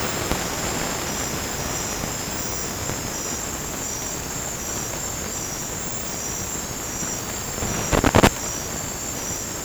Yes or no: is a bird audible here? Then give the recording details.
no. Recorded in dense forest near Puerto Asís, Putumayo, Colombia, on 30 June 2025 at 21:00. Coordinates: 0.503, -76.323. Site G059